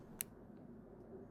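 A purge/primer bulb is pressed into its opening on the fuel filter base of a Toro string trimmer and seats with a single sharp click at 0.2 s. The click stands out against a low, steady background hum. Afterward the bulb is in place on the filter base.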